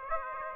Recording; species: mosquito wingbeat signal from an infrared sensor; Aedes aegypti